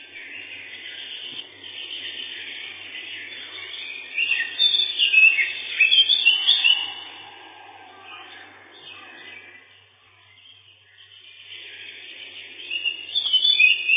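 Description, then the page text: Lesser whitethroat song: bursts of high, scratchy chattering and twittering notes, loudest in the middle and again at the end, with a quieter lull between. Song described as a set of twitterings, including a loud 'kle-kle-kle', ending in a dry, fast trill 'tiktiktiktik'. "Славка-завирушка, или славка-мельничек — Sylvia curruca"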